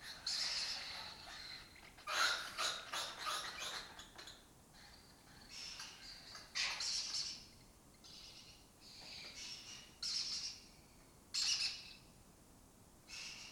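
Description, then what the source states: Lesser kestrels giving repeated scratchy, grating calls in uneven bursts throughout. Colony nesting in an abandoned building in Doñana; migratory raptor that forages in West Africa and breeds in southern Europe.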